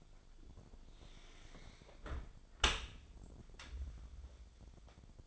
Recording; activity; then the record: daily activity, microphone in the room; close dishwasher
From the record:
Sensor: 5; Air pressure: 1006.8 hPa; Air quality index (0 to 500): 184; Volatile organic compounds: 5 ppm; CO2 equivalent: 1756 ppm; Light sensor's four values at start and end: 53/149/58/59 and 52/146/57/58